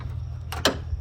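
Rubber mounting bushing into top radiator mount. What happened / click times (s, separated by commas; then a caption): The rubber bushing popped into its mount / 0.6 s. A rubber mounting bushing taken from the old radiator is pried with a screwdriver into the top mount of a new Chevy Silverado radiator over a steady low hum. A brief scrape at 0.5 s is followed by a sharp pop at 0.7 s as the bushing seats in the mount.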